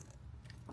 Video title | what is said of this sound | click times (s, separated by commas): Installing CDI brainbox on a Honda ruckus | and then once you get it on you're going to hear a little click | 0.5 s